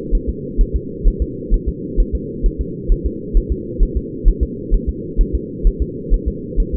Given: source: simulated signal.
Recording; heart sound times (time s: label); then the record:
fetal heart sounds
0.15 s: S1
0.29 s: S2
0.61 s: S1
0.76 s: S2
1.07 s: S1
1.22 s: S2
1.54 s: S1
1.68 s: S2
2.00 s: S1
2.15 s: S2
2.46 s: S1
2.61 s: S2
2.92 s: S1
3.06 s: S2
3.37 s: S1
3.52 s: S2
3.83 s: S1
3.97 s: S2
4.28 s: S1
4.43 s: S2
4.74 s: S1
4.89 s: S2
5.21 s: S1
5.35 s: S2
5.67 s: S1
5.82 s: S2
6.14 s: S1
6.28 s: S2
6.60 s: S1
6.74 s: S2
From the record:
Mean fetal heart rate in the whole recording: 130 bpm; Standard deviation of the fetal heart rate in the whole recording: 2 bpm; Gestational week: 38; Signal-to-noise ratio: -4.1 dB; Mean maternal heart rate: no maternal heart sound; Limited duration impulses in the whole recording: absent